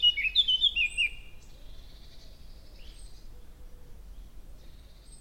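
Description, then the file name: Eurasian blackcap song, one short bright warbled phrase of quick whistled notes lasting about a second, then near silence with only faint high notes. "Sylvia atricapilla"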